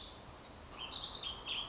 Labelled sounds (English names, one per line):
Warbling Vireo